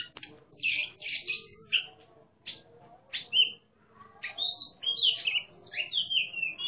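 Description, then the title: Oriental magpie-robin singing loose phrases of buzzy and whistled notes, sparse early, then a livelier run of slurred whistles. Competition songbird described as a national champion, singing in ngeplong style, in full voice (gacor). "burung berkicau Kacer Ngeplong gacor Juara Nasional. burung Kacer"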